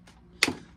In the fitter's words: there it goes all right so there's a clicking action that locks it so you hear it there and boom